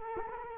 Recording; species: mosquito wingbeat signal from an infrared sensor; Culex quinquefasciatus